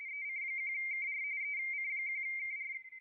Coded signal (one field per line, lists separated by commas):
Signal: RTTY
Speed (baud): 45.45 baud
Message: EC1KR EC1KR